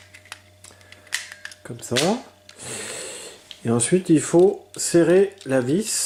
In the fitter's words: modules maddalena radio héros se clipse dans le compteur comme